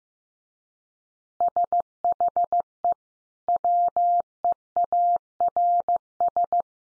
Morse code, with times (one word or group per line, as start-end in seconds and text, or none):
1.4-2.9 SHE
3.5-6.6 WEARS